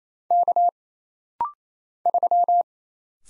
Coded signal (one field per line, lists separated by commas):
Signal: Morse code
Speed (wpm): 27 wpm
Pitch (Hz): 700 Hz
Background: none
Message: K 3